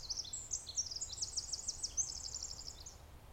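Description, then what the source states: Winter Wren song: a long, rapid, high-pitched cascade of tinkling trills and twittering notes, run together without pause for nearly three seconds, under a faint low background hum. Wild bird singing for minutes at the woods' edge behind a building, heard from a backyard in Sitka on a clear, cool, frosty morning with very little breeze.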